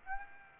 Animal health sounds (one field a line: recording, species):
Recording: mosquito wingbeat signal from an infrared sensor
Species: Aedes aegypti